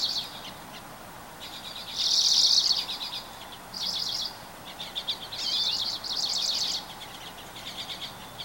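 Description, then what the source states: Bird song in repeated bursts of high chirping and buzzy trills, several louder phrases separated by quieter twittering. Recorded 24 April 2023.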